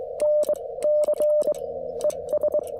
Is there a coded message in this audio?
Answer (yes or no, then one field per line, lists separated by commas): yes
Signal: Morse code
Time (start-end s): 0.2-2.6 s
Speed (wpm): 22 wpm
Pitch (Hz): 600 Hz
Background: none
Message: NC ES